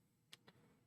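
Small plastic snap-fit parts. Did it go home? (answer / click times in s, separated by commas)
yes / 0.3 s, 0.5 s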